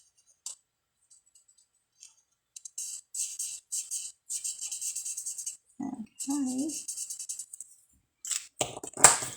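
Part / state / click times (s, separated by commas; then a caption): cap onto alcohol blending marker / seated / 9.0 s. A cap is pressed onto an alcohol-based stamping blend marker until it clicks shut, so the marker does not dry out. Bursts of high, scratchy rasping run from about 2.6 to 7.7 s while someone talks briefly. Then a few sharp taps lead to the loud, crisp closing click at 9.0 s, and the cap is seated.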